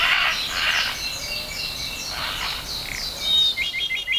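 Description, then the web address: Japanese robin song: bursts of high, rapid trilled notes sliding and rattling, repeated several times, ending with a quick run of sharp chips over a steady hiss. "sikioto. akahige"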